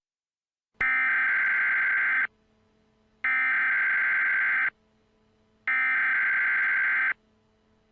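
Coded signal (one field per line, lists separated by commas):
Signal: Emergency Alert System (SAME) tones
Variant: header bursts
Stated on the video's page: Fictional EAS scenario, not a real alert.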